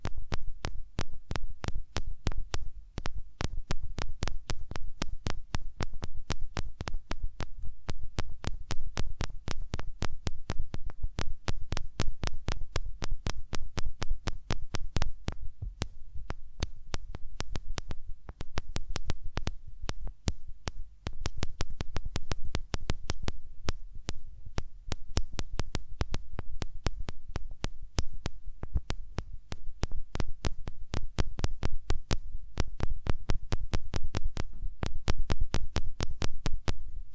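Hands rub over ears in a dense, steady stream of quick soft brushing strokes with a low muffled rumble underneath, without pause throughout.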